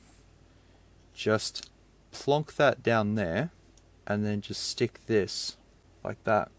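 During a clear back mod on a damaged Samsung Note 8 smartphone, a small internal part is laid down and pressed onto the rear of the phone's frame, with faint handling noises under a low steady hum. Someone talks throughout in short bursts. Nothing has seated or clicked into place yet by the end of the clip.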